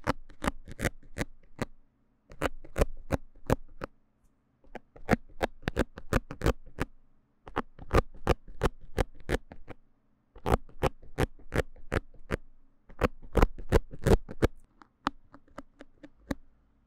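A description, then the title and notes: A needle is worked out of a microphone, heard as crisp clicks and snaps in quick bursts of five to eight, separated by short pauses every two or three seconds. A faint low hum sits under each burst, and silence falls between them. 拔針的強烈觸發. Remove the needle from the MIC. NoTalking.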